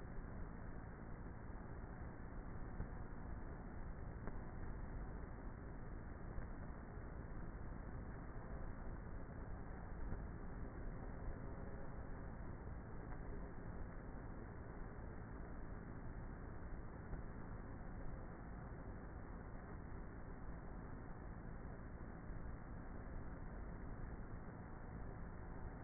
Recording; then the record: honeybee colony, microphone inside the hive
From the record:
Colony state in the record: queenless with a low population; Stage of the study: before two queens were removed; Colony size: about 30,000 bees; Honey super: no